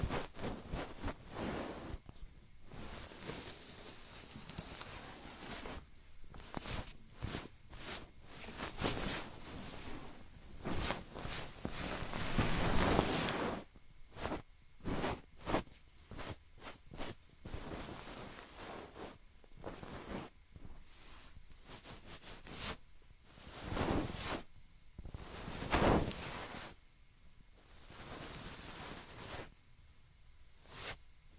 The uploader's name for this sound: Binaural ear picking, ear massage, spa ear picking